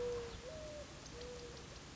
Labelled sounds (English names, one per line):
Mourning Dove